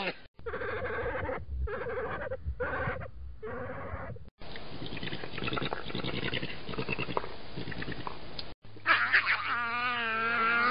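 Badger vocalisations: pulsed harmonic grunting notes in quick bouts, a longer rough chattering stretch, then a high, wavering, undulating whine at the end.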